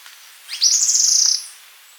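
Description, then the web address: Yellow-bellied chat-tyrant giving a thin, very high trilled whistle, held level for under a second with a fine rapid flutter, preceded by a brief upslurred note. Recorded in Ecuador. "Birds of Ecuador 3. Yellow-Bellied Chat-Tyrant"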